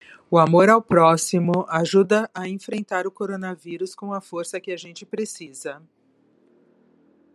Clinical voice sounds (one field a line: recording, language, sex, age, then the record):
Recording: spoken sentence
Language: Brazilian Portuguese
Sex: female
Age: 50 to 59 years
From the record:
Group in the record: control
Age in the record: 57 years